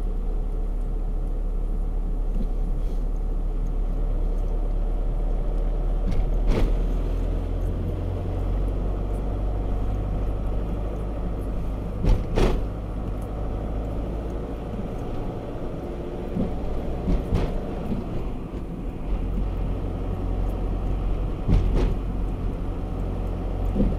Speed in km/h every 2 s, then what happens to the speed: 25, 25, 26, 30, 33, 36, 37, 42, 45, 45, 44, 44.
4-16 speeds up to 45. 16-24 steady at about 44.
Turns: none.